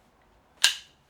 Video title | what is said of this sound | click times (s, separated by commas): Raised Toilet Seat with Handles, Two-ways Adjustable Toilet Seat Risers | and take another safety clip and lock into place | 0.6 s